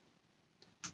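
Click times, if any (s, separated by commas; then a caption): 0.8 s. A plastic needle cap, scooped one-handed onto a used syringe needle, is grabbed at its base and worked onto the needle hub. After a faint tick at 0.6 s, a sharp snap at 0.8 s marks the cap seating, leaving the needle safe.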